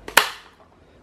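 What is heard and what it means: The plastic rear grille of an Ultra 30 cm fan with a 4-blade propeller (model V-16B-4P) is pressed onto the motor housing. After a faint tap at 0.1 s, a loud, sharp plastic snap at 0.2 s rings out briefly. The first grille clip seats there.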